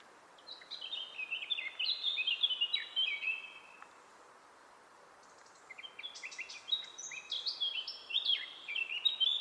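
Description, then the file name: Eurasian blackcap singing two lively warbling phrases of quick, varied notes, separated by a pause of about two seconds, with a steady soft background hiss. "Sylvia atricapilla"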